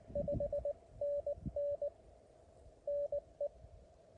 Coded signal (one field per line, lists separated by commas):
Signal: Morse code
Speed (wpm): 20 wpm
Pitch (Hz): 590 Hz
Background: none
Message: 5NN NE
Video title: Morse Code POTA activation at Elk Mountain 11/6/2024